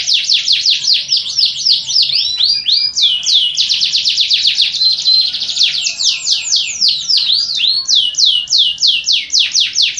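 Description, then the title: Yorkshire canary in long continuous song, rapid high trilled notes in changing runs, some rising and falling sweeps, no pauses across the span. Long, vigorous song. "Suara Burung Kenari Yorkshire Gacor Kicau Panjang"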